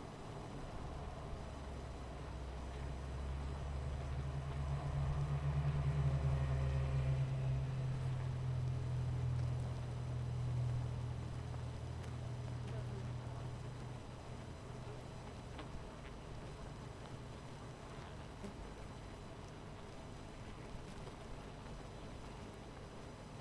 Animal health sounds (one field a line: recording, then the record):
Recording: honeybee colony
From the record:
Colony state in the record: missing queen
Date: 14 July 2017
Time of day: 17:59